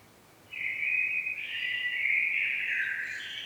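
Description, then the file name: Common blackbird starts abruptly with a steady, rapid chattering call that runs unbroken to the end, rising slightly in pitch at the close. "Turdus merula"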